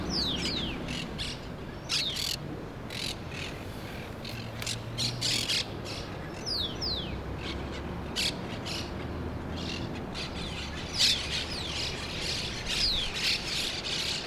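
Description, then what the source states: Monk parakeet squawks: harsh, rasping calls mixed with short downslurred chirps, repeated irregularly throughout against a low background rumble. Parrots in Brooklyn.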